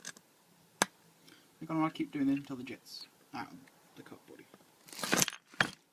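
A brass jet in the metal body of a GSXR 400 GK73a motorcycle carburettor is unscrewed and pushed again, giving a sharp click at 0.8 s as it frees and comes loose. Someone talks, and a burst of handling clicks and rattles follows near the end.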